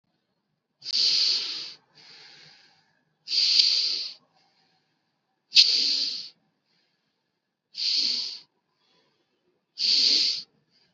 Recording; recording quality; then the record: deep breathing; excellent, no background noise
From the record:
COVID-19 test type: RT-PCR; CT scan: not taken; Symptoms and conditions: none ticked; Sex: male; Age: 31 years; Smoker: no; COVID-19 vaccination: both doses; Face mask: worn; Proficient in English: yes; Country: India